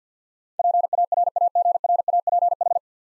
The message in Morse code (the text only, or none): PARAGRAPH